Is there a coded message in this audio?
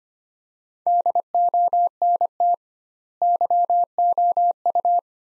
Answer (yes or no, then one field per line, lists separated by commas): yes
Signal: Morse code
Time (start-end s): 0.9-5.0 s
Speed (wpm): 25 wpm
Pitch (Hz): 700 Hz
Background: none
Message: DONT YOU